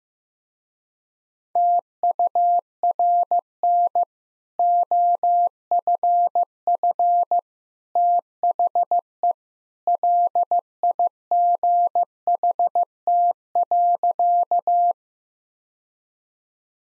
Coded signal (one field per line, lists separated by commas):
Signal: Morse code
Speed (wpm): 15 wpm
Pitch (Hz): 700 Hz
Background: none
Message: TURN OFF THE LIGHT.